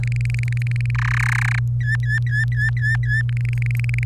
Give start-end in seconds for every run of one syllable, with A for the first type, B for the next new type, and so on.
0.03-0.91 A, 0.94-1.59 B, 1.80-3.22 C, 3.29-4.03 A